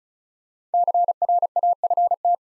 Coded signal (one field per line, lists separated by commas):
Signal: Morse code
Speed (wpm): 34 wpm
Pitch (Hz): 700 Hz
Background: none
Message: CRAFT